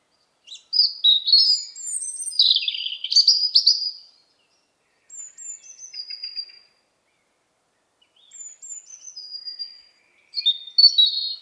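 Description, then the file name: European robin singing, a rush of high, thin warbling notes followed by quieter drawn-out whistles and soft trills, separated by short silences, then a fresh burst. "Erithacus rubecula"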